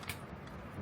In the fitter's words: and tighten it so that you can hear a clicking sound